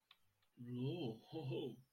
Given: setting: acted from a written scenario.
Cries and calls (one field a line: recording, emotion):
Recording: vocal sound without words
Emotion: realization